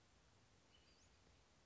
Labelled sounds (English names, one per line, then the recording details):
Western Flycatcher
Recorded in Sonoma County, California